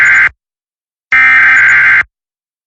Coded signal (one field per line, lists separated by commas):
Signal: Emergency Alert System (SAME) tones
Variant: header bursts